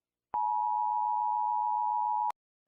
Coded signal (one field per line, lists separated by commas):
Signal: Emergency Alert System (SAME) tones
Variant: 853 and 960 Hz attention tone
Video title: {Mock} EAS Scenario Short #4 - Lava Rain